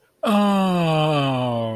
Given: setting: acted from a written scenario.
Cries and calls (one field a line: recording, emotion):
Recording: vocal sound without words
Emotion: adoration